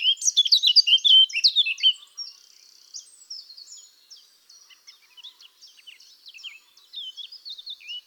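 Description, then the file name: Eurasian blackcap song: an energetic, loud warbled phrase for two seconds, followed by a quieter stream of thin, high twittering notes. "Sylvia atricapilla"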